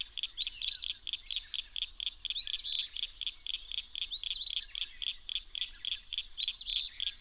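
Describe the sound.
Bird song: rising whistled phrases with buzzy endings, repeated a few times over a dense pulsing chatter of quick ticks.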